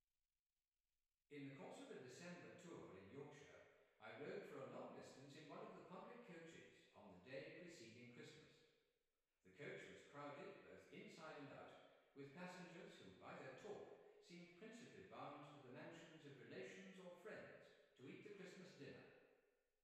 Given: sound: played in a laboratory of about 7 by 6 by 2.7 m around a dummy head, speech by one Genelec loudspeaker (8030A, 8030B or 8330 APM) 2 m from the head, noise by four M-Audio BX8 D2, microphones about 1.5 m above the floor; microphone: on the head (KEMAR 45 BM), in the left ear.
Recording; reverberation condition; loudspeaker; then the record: male speech in English; high; 60 degrees to the right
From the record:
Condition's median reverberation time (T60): about 1300 ms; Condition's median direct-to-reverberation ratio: about -4.0 dB